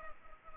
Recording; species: mosquito wingbeat signal from an infrared sensor; Culex pipiens